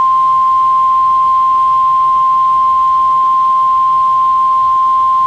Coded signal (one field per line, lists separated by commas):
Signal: Emergency Alert System (SAME) tones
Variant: 1050 Hz attention tone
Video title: (EAS#64) Severe Thunderstorm Watch#418